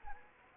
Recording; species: mosquito wingbeat signal from an infrared sensor; Anopheles arabiensis